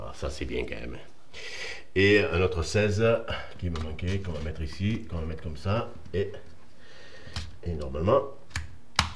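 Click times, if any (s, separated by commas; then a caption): 9.0 s. A 16 A circuit breaker is placed in the panel and pushed onto the rail while someone talks. It seats with a sharp plastic snap at 9.0 s.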